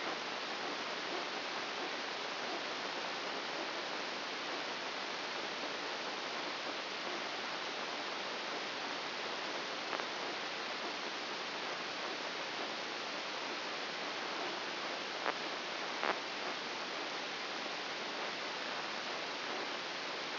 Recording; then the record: brain microelectrode recording played as sound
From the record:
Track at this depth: inside the subthalamic nucleus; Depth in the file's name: 2.404 mm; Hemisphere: right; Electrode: 2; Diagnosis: Parkinson's disease